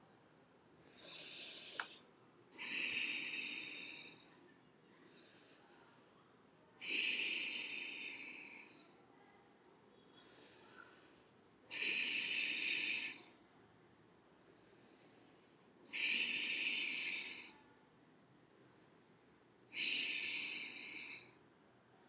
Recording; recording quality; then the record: deep breathing; excellent, no background noise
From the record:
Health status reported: COVID-19 positive, mild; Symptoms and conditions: cough, fever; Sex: female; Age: 50 years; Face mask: not worn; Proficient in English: yes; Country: India